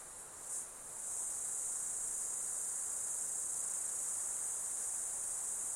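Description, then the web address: Insects give a shrill, continuous high buzz that swells up after a brief soft start and then holds level to the end over light background hiss. Insect ambience in an Australian summer, outdoors. "Foundation 1 AMBIENCE AUSTRALIAN SUMMER INSECTS"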